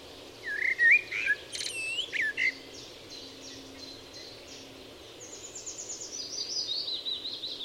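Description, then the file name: Eurasian blackbird giving a brief warbled whistle phrase with a high squeak, followed by fast, repeated high notes. "Turdus merula"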